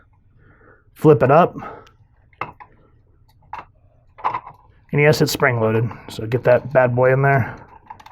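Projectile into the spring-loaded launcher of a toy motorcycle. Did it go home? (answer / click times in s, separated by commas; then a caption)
no / none. Someone talks while handling the spring-loaded launcher on a 1990s Playmates Toys WildC.A.T.s Bullet Bike, a plastic toy motorcycle for the Grifter figure, flipping it up and pushing a projectile in. Short, sharp plastic handling taps come through near 2.4 s and 3.5 s between the speech. Nothing has seated or clicked into the cocked position yet.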